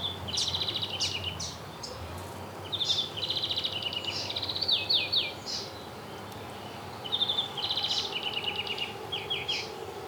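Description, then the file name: European greenfinch producing several separate bursts of twittering trills and short slurred notes, with quiet gaps between bursts and a faint background hum. "Chloris chloris"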